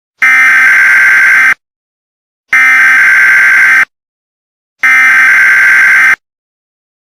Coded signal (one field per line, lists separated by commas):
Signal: Emergency Alert System (SAME) tones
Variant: header bursts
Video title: Homies Traitors Attacks (EAS ALERT) Teenagers Are Attack #CancelTeenagers